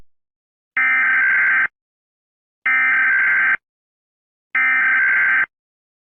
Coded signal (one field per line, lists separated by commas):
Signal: Emergency Alert System (SAME) tones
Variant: header bursts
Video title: 21 New EAS Alarm Requested By @marthaLM7391